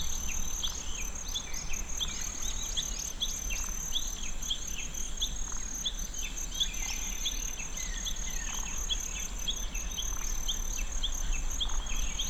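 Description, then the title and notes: Kinhibari cricket song, a high ringing trill, under a busy chorus of short chirping bird notes and a low steady rumble. Recorded in Tsuruoka City with a ZOOM F6 and Sennheiser MKH802. "鶴岡市のキンヒバリの声"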